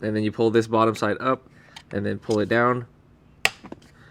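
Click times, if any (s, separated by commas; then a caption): 3.4 s. A fire extinguisher sits in its seat-mounted bracket in a BMW F80 M3 while its retaining strap is flapped over, pulled up and then down. Someone talks, then the strap buckle snaps shut with a sharp click at 3.4 s, followed by a few faint ticks. The snap confirms the extinguisher is locked in.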